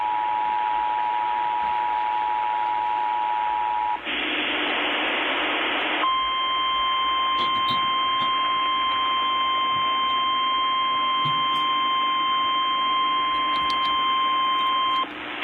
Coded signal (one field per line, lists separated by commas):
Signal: Emergency Alert System (SAME) tones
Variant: 853 and 960 Hz attention tone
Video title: EAS Alerts from 6/3/21 - 6/23/21 EAS#500-520